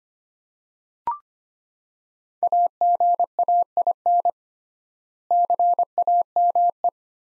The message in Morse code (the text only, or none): AGAIN CAME